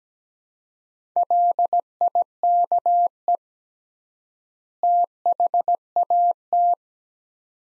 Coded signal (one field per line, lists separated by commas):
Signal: Morse code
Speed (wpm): 17 wpm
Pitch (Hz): 700 Hz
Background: none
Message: LIKE THAT